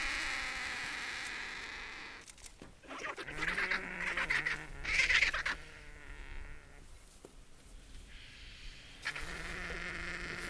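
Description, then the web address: Indian vulture giving harsh, raspy, noisy bursts mixed with low, droning moans. "sound Indian-vulture. صدای-پرنده-دال-هندی"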